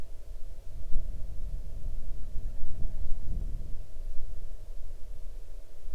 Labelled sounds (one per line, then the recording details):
waterfowl
grouse or ptarmigan
wind
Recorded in the Arctic National Wildlife Refuge, Alaska, on 8 June 2019 at 00:12
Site 40